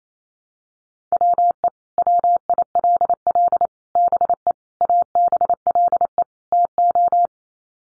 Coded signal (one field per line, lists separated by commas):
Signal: Morse code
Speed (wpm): 28 wpm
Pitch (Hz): 700 Hz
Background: none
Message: WE WILL BE ABLE TO